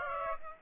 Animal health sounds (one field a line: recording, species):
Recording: mosquito wingbeat signal from an infrared sensor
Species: Aedes aegypti